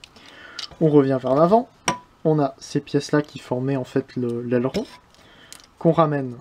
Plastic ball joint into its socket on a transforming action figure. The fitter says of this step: ça c'est une légère tendance à se détacher mais bon c'est un bol joined c'est fait pour ça s'emboîte facilement et voilà on